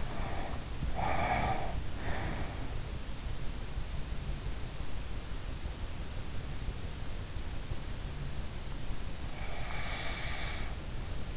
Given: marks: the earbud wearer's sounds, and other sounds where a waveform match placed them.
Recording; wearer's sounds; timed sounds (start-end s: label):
sounds in sleep by an in-ear microphone; breath, snoring breath
0.00-2.91 s: breath
9.21-11.37 s: snoring breath